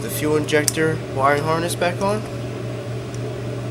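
Someone talks over a steady low hum while handling a plastic wiring harness connector to reconnect it onto a fuel injector during reinstallation of the fuel rail on a Corvette. The connector has not seated or clicked yet.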